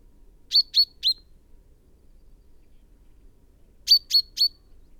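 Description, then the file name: Common chaffinch calls: short sharp high notes in two quick bursts of three, separated by about three seconds of quiet. "Fringilla coelebs"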